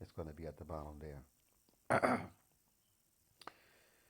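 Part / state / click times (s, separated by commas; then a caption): coolant level sensor into coolant reservoir / not seated / none. Someone talks while a coolant level sensor is pushed up by feel into the bottom of the plastic coolant reservoir on a 2003–2006 BMW X5 or X3. After a short burst of talk and a quiet pause, two brief knocks are heard at about 3.4 and 3.5 seconds. The sensor has not latched in, and nothing has clicked yet.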